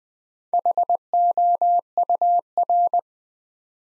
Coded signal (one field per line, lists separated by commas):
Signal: Morse code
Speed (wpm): 20 wpm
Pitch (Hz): 700 Hz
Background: none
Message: HOUR